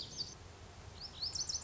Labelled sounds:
Lazuli Bunting
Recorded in Sonoma County, California

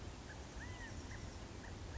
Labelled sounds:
California Quail
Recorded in Sonoma County, California

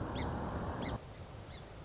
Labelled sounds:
Song Sparrow
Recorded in Sonoma County, California

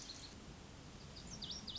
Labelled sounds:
Lazuli Bunting
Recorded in Sonoma County, California

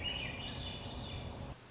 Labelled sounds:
Swainson's Thrush
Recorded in Sonoma County, California

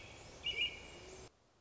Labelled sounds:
American Robin
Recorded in Sonoma County, California

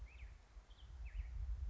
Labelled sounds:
Black-headed Grosbeak
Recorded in Sonoma County, California

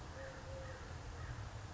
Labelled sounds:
Eurasian Collared Dove
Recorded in Sonoma County, California

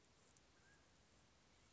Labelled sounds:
Mountain Quail
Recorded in Sonoma County, California

